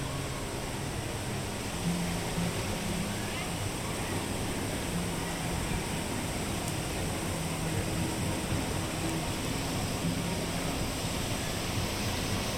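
A walk along a theme park trail fills with a steady, dense rush like falling water, with faint low tones drifting through and no breaks.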